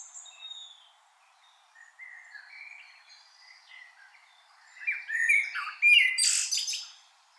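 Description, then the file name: Common blackbird song: faint thin notes at first, then a sudden loud burst of high, scratchy twittering near the end. "Turdus merula"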